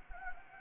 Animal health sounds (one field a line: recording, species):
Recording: mosquito wingbeat signal from an infrared sensor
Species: Anopheles gambiae